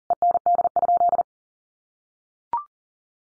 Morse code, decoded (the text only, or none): END?